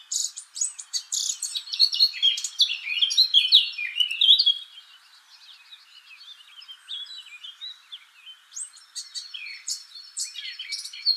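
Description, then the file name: Eurasian blackcap song, a lively warbled phrase of mixed fluty and chattering notes lasting about four seconds, then softer twittering and a renewed outburst at the end. "Sylvia atricapilla"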